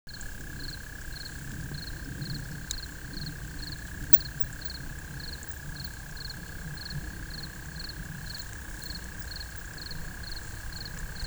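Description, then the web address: Insect calling with short high pulses repeated about twice a second over a steady whining drone and a low background rumble. "Insect Set 459"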